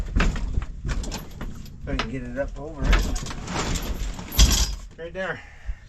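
A motorbike or scooter is pushed up over a 2x4 toward its wheel chock holder in an RV garage, with short knocks and rattles of handling heard while someone talks. The wheel has not locked into place yet; nothing has seated or clicked.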